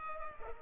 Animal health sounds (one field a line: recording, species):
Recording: mosquito wingbeat signal from an infrared sensor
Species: Culex pipiens